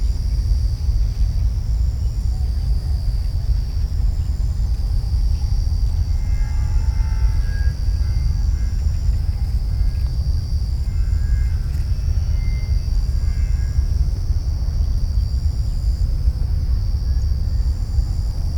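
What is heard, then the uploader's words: Over a harvested field, a steady high insect drone hangs above a thick, constant low rumble from distant construction. A backing-up beep repeats at a regular pace throughout, and faint thin tones flicker in the middle stretch. Harvested field. Bug drone. Distant construction. Backing up.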